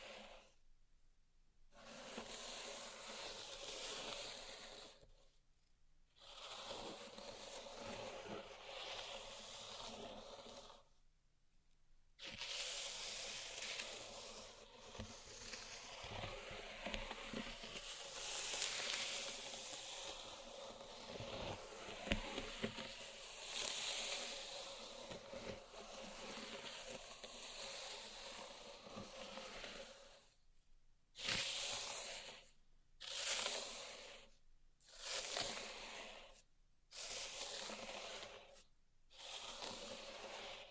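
Pink salt in a zen garden, raked and stirred in long hissing sweeps with a gritty, crunching texture and a faint steady tone underneath. The strokes run continuously through the middle, with brief silences near 2, 6 and 11 seconds, then break into short separate passes after 30 seconds.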